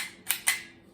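A push-type one-click fiber optic cleaner is pressed onto the end of a fiber optic connector twice, each push giving a sharp plastic click as the cleaning mechanism actuates. The clicks land at 0.3 s and 0.5 s, and the cleaner seats fully each time.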